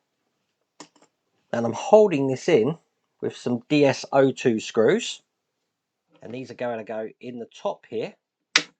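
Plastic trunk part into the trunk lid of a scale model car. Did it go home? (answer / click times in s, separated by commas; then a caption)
yes / 8.6 s. Someone talks while working on a 1:6 scale die-cast Ford GT500 Shelby Mustang model car, with a few faint ticks near the start. A plastic part is pressed into the top of the trunk (boot) lid and snaps into place with a sharp, loud click at 8.6 s, seating fully.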